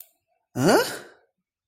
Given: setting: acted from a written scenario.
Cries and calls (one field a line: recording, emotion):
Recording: vocal sound without words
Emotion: negative surprise